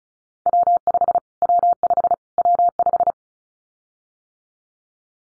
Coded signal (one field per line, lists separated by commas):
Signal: Morse code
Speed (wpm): 36 wpm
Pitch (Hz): 700 Hz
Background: none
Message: W5 W5 W5